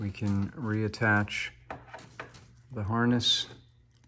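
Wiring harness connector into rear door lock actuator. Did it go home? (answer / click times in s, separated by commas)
no / none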